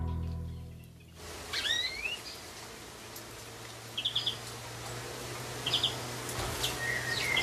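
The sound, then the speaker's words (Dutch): A pair of greenfinches calling near a bird feeder in Zeegse, Drenthe, Netherlands, over a steady background hiss: short rising chirps early on, then two quick bursts of bright, rapid trilled notes, and a thin twittering near the end. “Waar zat in de buurt van de voedertafel een koppeltje groenlingen.”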